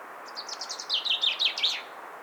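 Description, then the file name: Common chaffinch, one short song phrase: a rapid tumbling run of clear notes falling in pitch toward a quick final flourish, over light background noise. "Fringilla coelebs"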